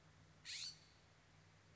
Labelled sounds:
California Scrub-Jay (Aphelocoma californica)
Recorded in Sonoma County, California

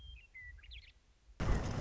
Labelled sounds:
Western Meadowlark (Sturnella neglecta)
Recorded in Sonoma County, California

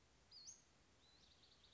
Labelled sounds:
Western Flycatcher (Empidonax difficilis)
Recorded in Sonoma County, California

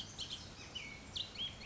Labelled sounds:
Bullock's Oriole (Icterus bullockii)
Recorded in Sonoma County, California

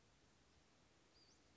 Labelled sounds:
Western Flycatcher (Empidonax difficilis)
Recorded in Sonoma County, California

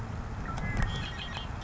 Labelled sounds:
Red-winged Blackbird (Agelaius phoeniceus)
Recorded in Sonoma County, California

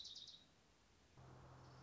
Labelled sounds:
Orange-crowned Warbler (Leiothlypis celata)
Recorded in Sonoma County, California

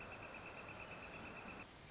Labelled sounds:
Northern Flicker (Colaptes auratus)
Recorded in Sonoma County, California

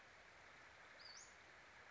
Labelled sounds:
Western Flycatcher (Empidonax difficilis)
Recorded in Sonoma County, California

